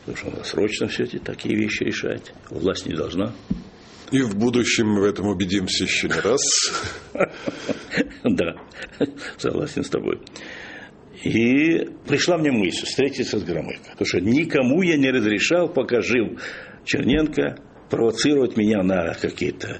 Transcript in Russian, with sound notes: потому что надо срочно все такие вещи решать – власть не должна…
И в будущем мы в этом убедимся еще не раз. (все смеются)
Да. Согласен с тобой. И пришла мне мысль встретиться с Громыко, потому что никому я не разрешал, пока жив Черненко, провоцировать меня на какие-то…